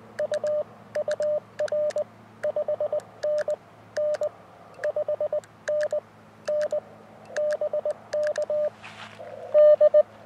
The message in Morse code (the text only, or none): U UR 5NN 5NN BK D